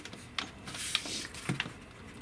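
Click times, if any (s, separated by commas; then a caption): none. On a 2023-or-later HR-V, the plastic spring clips on the engine air filter housing lid are pushed against the air box. Short sharp plastic ticks and knocks are heard, but the clips fail to latch because the lid is not seated in the rear hatches. Nothing has clicked shut yet.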